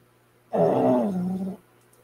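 A single rumbling, tonal breath sound of about one second, dropping slightly in pitch, from a sleeping dog. It is a dog snoring, an ordinary sleep noise, against quiet room background.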